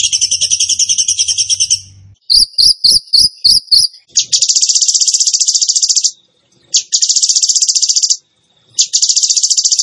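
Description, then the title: Bird song mixing fast high trills with a run of spaced, sharp chips, then repeated dense buzzy trill bursts broken by short silences; a low hum early on. Masteran training recording in the tembakan gacor style. "Masteran Burung Tembakan Gacor"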